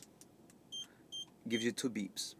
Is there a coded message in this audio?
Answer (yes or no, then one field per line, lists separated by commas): no